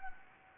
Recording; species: mosquito wingbeat signal from an infrared sensor; Anopheles gambiae